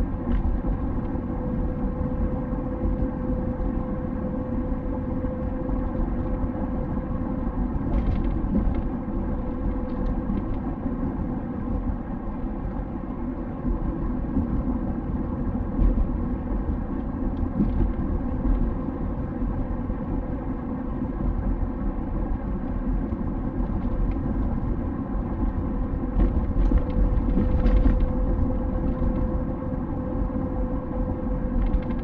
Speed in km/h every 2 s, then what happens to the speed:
64, 65, 65, 64, 63, 62, 61, 62, 63, 63, 62, 63, 63, 65, 65, 64.
0-32 steady at about 63.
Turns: none.